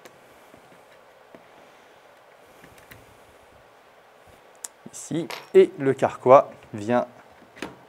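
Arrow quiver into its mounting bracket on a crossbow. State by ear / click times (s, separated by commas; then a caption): seated / 7.6 s. An arrow quiver is placed into its mounting bracket on an EK Archery JAG 2 crossbow and locked so it can no longer move. Over a quiet background with a few faint ticks, someone talks, and a single sharp tick at 7.6 s marks the quiver latching securely in place.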